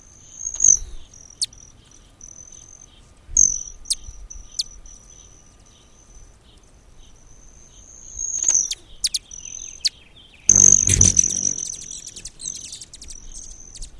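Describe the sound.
Hummingbird giving high-pitched thin whines with sudden sharp ticks in several short bouts, ending in a denser, noisier burst of chips.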